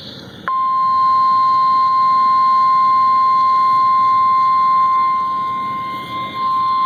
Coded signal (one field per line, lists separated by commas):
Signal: Emergency Alert System (SAME) tones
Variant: 1050 Hz attention tone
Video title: TRIPLE HEADER Severe Thunderstorm Watch, Warning, then Watch (EAS #432-434)